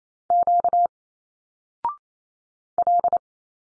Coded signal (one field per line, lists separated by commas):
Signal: Morse code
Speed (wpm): 28 wpm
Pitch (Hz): 700 Hz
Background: none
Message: Q L